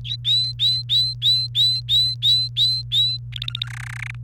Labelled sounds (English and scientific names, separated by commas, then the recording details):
Domestic Canary (Serinus canaria) song
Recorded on 28 April 2018 at 11:34
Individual llb3